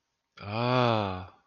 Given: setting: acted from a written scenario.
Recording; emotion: vocal sound without words; desire